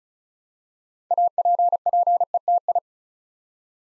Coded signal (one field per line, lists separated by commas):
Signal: Morse code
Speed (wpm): 33 wpm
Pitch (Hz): 700 Hz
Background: none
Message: APPETI